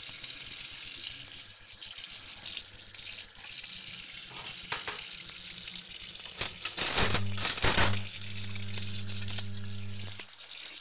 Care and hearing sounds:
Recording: household activities, microphone on the right wrist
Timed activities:
0.00-10.81 s: washing dishes

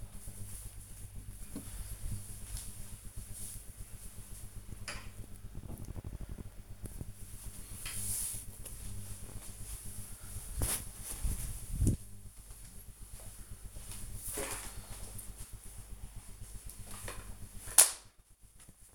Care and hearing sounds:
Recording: household activities, microphone on the right wrist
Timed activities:
16.22-18.95 s: floor cleaning

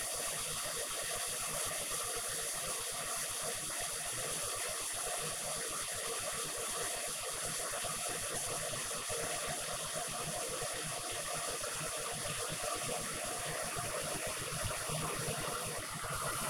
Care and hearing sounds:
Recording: household activities, microphone on the right wrist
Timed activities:
0.00-16.50 s: making tea

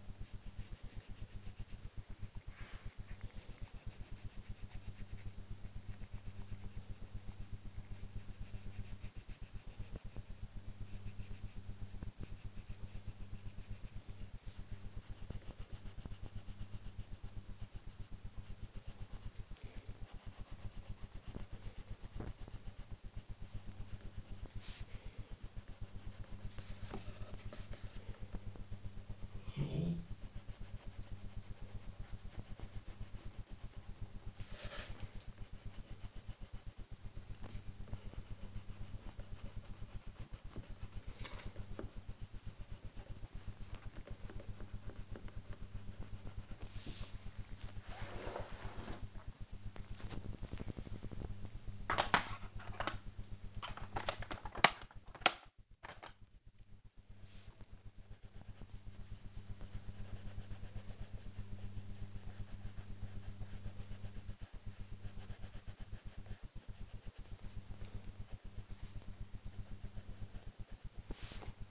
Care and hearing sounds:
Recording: household activities, microphone on the right wrist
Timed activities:
0.00-71.70 s: drawing

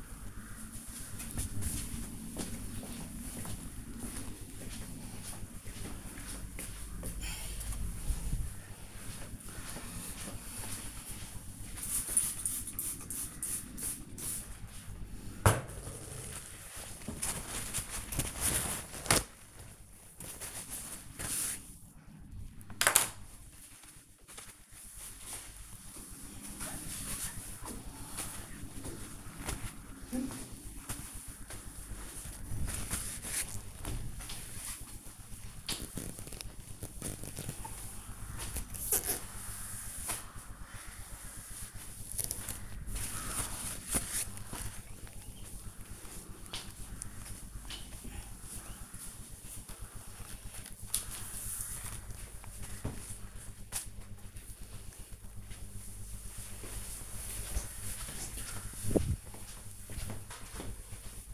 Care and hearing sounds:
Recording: household activities, microphone on the right wrist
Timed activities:
14.53-53.77 s: window cleaning

